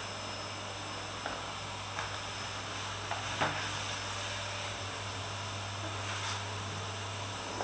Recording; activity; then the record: daily activity, microphone in the room; vacuum cleaning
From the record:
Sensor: 2